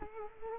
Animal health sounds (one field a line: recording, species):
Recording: mosquito wingbeat signal from an infrared sensor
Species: Culex quinquefasciatus